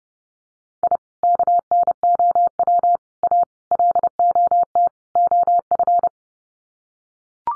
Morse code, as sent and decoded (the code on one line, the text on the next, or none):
.. / -.- -. --- .-- / .- / .-.. --- - / --- ..-.
I KNOW A LOT OF